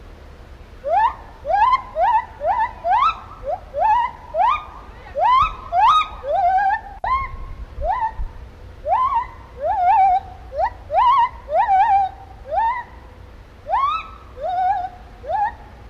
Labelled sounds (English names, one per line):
Lar Gibbon